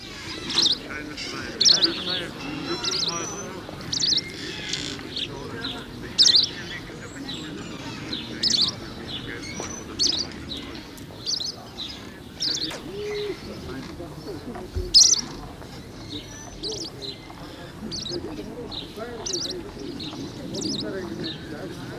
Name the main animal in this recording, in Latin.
Phylloscopus trochiloides